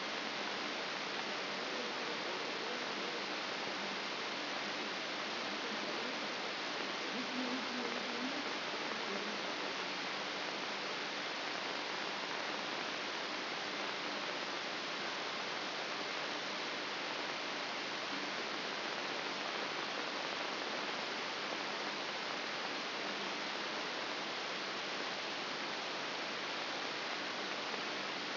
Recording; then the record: brain microelectrode recording played as sound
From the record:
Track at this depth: inside the subthalamic nucleus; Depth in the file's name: 3.702 mm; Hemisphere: left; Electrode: 3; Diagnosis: Parkinson's disease